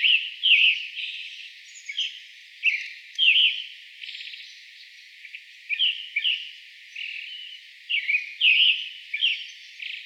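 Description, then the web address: Pale Thrush singing brief fluty phrases, each a few quick notes, repeated with uneven gaps. "birdenaga sirohara"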